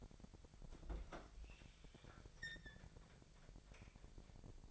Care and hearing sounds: daily activity, microphone in the room; open fridge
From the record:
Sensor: 5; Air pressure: 1002.1 hPa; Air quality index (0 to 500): 218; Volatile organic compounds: 25 ppm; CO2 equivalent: 2843 ppm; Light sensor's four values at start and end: 9/22/9/10 and 10/24/10/11

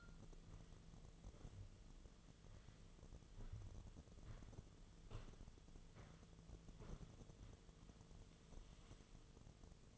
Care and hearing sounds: daily activity, microphone in the room; walk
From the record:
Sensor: 4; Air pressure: 1006.2 hPa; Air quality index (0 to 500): 88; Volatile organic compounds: 2 ppm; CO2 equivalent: 1098 ppm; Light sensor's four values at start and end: 12/28/11/10 and 12/27/11/10

